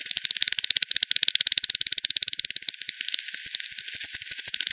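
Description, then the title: Bat echolocation calls as a fast, regular train of loud clicks, then fainter, more spaced ticks. Several bats at Hogsmill River, Hogsmill Lane, 7 October 2020, 18:10; bat detector recording, frequency-divided by 10, band-pass filtered and resampled. "WW bat 20201007 T 18 : 10 Z-Hogsmill-Lane-Hogsmill-River-multiple-bats"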